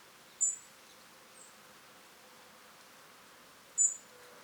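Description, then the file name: European robin giving two brief, piercing high-pitched call notes about three seconds apart, with only quiet hiss between them. "Erithacus rubecula"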